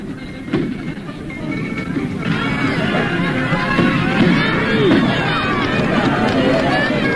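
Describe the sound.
A large crowd at a horse racecourse on a clear autumn day, at their once-a-year festival, cheers, laughs and chatters, many overlapping voices rising and falling in a steady, loud wash that lasts the whole stretch after a brief quieter opening.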